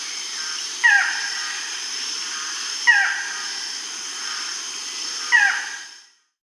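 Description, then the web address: Barred forest-falcon calls: a sharp, downward-slurred yelping note repeated three times over a steady hiss. Recorded in South America. "S America Barred Forest-Falcon (Micrastur"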